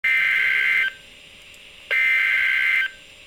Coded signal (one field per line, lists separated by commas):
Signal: Emergency Alert System (SAME) tones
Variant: header bursts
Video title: Flood Warning (EAS #228)